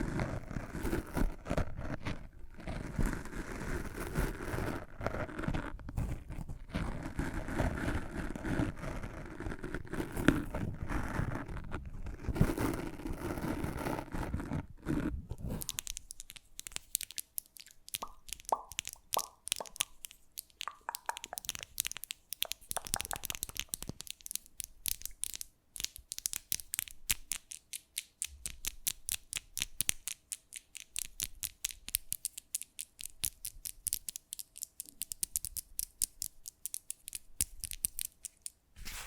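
Fast-changing ASMR triggers: dense crinkling and scratching for fifteen seconds, then sharp rapid snipping and tapping bursts with brief gaps until the end.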